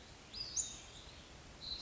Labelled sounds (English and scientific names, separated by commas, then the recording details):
Western Flycatcher (Empidonax difficilis)
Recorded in Sonoma County, California